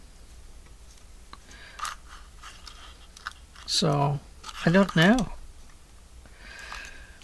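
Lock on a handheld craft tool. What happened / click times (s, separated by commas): Handled, not yet home: small lock on a handheld tool worked but not yet engaged / none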